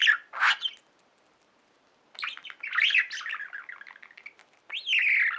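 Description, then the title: Budgerigar calls: two quick chirps, a short silence, then a long run of warbled, scratchy chatter ending in a drawn-out descending squawk. "Budgie Sounds"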